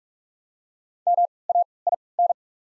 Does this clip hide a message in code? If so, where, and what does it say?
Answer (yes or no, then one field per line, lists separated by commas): yes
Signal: Morse code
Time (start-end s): 1.1-2.3 s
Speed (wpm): 44 wpm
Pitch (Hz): 700 Hz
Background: none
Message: MAIN